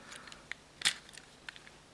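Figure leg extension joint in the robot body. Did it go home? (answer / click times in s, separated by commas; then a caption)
no / none. The plastic legs of a Transformers Masterpiece MP-20 Wheeljack robot figure are handled as they are pulled out toward extended position at the leg extension joints in the robot body. Brief sharp plastic ticks and a louder crackling burst near 0.9 seconds are heard over quiet handling noise. Nothing has seated or clicked yet.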